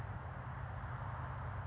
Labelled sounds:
California Towhee
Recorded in Sonoma County, California

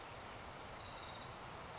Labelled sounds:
California Towhee
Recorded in Sonoma County, California

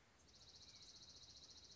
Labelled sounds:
Dark-eyed Junco
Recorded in Sonoma County, California

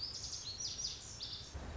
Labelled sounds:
Lazuli Bunting
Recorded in Sonoma County, California

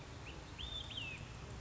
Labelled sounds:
Olive-sided Flycatcher
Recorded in Sonoma County, California

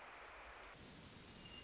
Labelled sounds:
Pacific Wren
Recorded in Sonoma County, California

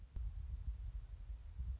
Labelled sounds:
Anna's Hummingbird
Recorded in Sonoma County, California

